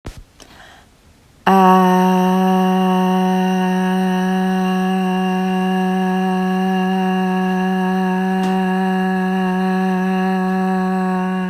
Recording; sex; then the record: sustained vowel /a/; female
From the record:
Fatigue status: fatigue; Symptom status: symptomatic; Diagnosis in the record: COVID-19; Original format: m4a